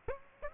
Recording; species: mosquito wingbeat signal from an infrared sensor; Aedes aegypti